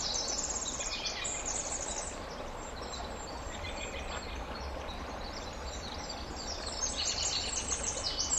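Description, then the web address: Winter wren song, softer high trills and twitters running throughout, growing louder near the end, over broad steady background noise. "ear jh-060319 wwren"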